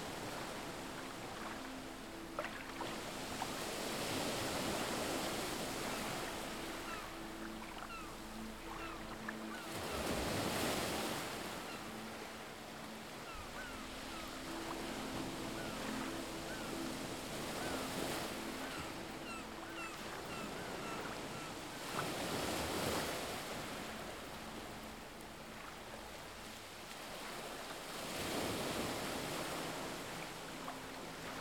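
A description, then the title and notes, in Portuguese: Surf rolls in on a deserted beach, a steady wash of noise that swells into brighter crashes roughly every five to six seconds, near 10, 18, 23 and 28 seconds. A low, even hum with faint tones runs underneath much of the recording. Em uma praia deserta.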